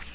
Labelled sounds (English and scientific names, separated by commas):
Nashville Warbler (Leiothlypis ruficapilla) flight call